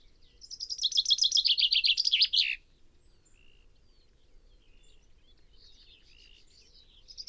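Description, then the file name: Common chaffinch delivering a cheerful cascade of notes that drops in pitch and ends in a flourish, followed by quiet and the start of another phrase. "Fringilla coelebs"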